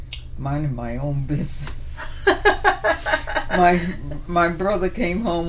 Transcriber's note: laughs